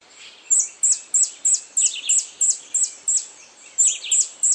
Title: LuckyPassaro Completos2Sama. White-chinned Sapphire (Hylocharis cyanus griseiventris (ssp assumed from location))